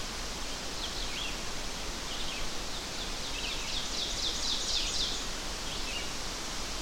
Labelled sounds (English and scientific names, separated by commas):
Ovenbird (Seiurus aurocapilla) song